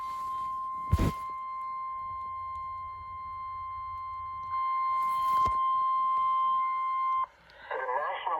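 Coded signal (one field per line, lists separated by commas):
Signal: Emergency Alert System (SAME) tones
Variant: 1050 Hz attention tone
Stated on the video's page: Real Severe Thunderstorm Warning alerts from Montana, captured off the air.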